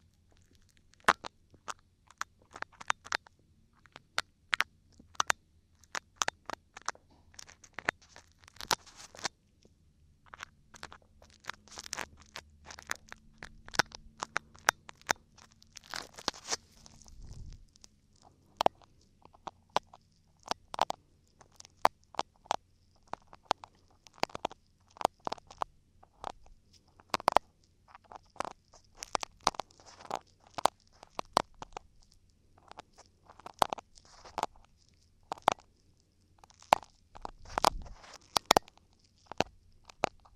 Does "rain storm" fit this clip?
no